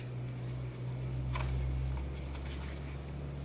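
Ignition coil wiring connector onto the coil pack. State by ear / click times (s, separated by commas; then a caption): not seated / none. A wiring connector is handled at an ignition coil pack on an 8th-generation Honda Civic (2005–2012) as the connectors are plugged back onto the coils after a spark plug change. A steady low hum runs throughout, with a brief sharp tick near 1.4 s and a few faint taps later. Nothing has seated or clicked yet.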